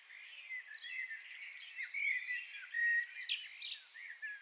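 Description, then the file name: Common blackbird fluty warbling and high twitters, soft and set against background noise. "Turdus merula"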